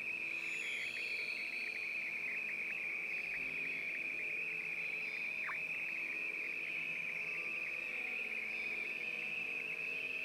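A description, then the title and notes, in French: A jungle field recording dominated by a constant, high insect drone that holds one pitch for the whole ten seconds, with a brief dip just past the midpoint. Faint, thin whistling calls sit above it near the start, over a soft, dense background hum. FELIX BLUME + DESPINA PANAGIOTOPOULOU + LABEROUK - Jungle. Collection de field recordings autour du thème de la jungle.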